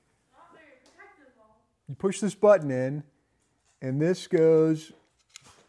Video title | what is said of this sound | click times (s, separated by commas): Tilta Khronos iPhone 17 Pro - PROBLEM with power delivery | here like this. It locks in place and you lock that. | 5.4 s